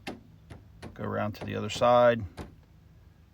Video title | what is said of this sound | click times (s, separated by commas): Changing The Headlight Assembly in a 2008 Chevrolet Equinox | push where the pins are and they will snap into place | 0.1 s